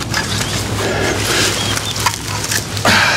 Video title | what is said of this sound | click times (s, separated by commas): Wolf-Garten Multi-Change Tool System: First Look at our Selection! Wolf Garten Tools | does help you have the right one there we go satisfying click | 2.8 s